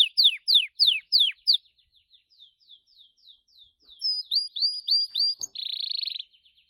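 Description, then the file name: Gloster canary singing: loud sweeping notes, softer rapid chips, a series of curved whistles, then a dense rolling trill and faint chips. "canto do canario gloster"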